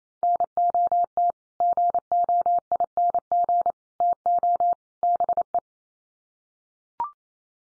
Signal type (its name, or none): Morse code